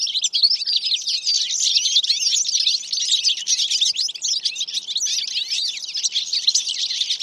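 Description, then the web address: Bird: a steady, busy stream of high-pitched chirps and twitters overlapping throughout, with no pauses. "Deverinetal 2025 File origin Bird Only"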